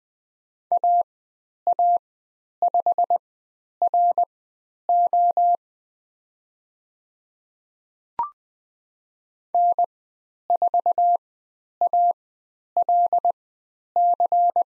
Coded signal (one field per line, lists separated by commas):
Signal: Morse code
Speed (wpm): 20 wpm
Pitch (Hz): 700 Hz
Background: none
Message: AA5RO N4ALC